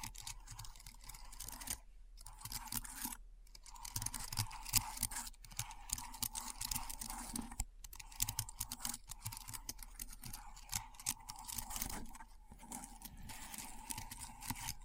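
Keyboard typing runs as a dense, fast patter of sharp clicks through most of the clip, with brief pauses near 2, 3, 5 and 7.5 seconds. A steady mid-pitched hum and a low rumble sit underneath the whole time.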